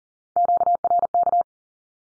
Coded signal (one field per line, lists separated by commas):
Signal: Morse code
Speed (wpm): 40 wpm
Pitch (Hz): 700 Hz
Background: none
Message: QRK